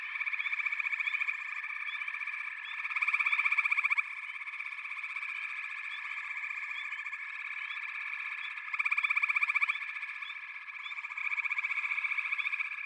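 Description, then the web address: Frogs calling together in a continuous buzzing chorus, swelling into loud pulsing bursts around three to four seconds, nine to ten seconds and near the end. "Echoes of Nature - Frog Chorus"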